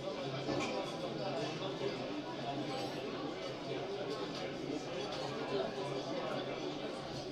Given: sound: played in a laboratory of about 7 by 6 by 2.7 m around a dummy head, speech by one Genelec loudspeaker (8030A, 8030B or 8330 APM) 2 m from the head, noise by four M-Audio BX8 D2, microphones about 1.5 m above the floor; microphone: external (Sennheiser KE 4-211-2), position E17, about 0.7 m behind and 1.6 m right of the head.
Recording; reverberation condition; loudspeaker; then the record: cafeteria noise; low; four, about 170 cm from the corners of the room and facing them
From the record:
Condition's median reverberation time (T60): about 310 ms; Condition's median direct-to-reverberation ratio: about 3.5 dB